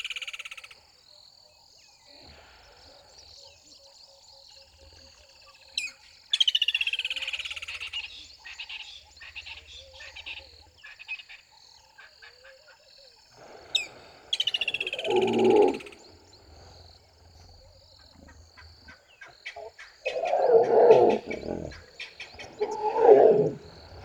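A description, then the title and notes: Savanna ambience with a steady high insect shimmer running throughout and bright bird calls sweeping down at about 6 and 14 seconds. Low croaking frog-like calls come near 15, 20 and 23 seconds, loud, over faint rattling and soft clicks. 18 février 2008 au bord d'une rivière, l'affût appelé Shipendani dans le Kruger national park permet de surplomber un Hyppopool et d'écouter l'ambiance de la savane.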